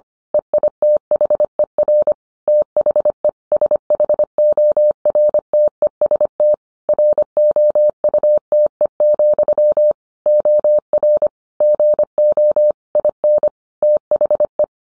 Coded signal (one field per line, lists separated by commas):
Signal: Morse code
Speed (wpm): 25 wpm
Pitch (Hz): 600 Hz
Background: none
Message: EITHER THE SHORTEST ROUTE, OR GO IN THE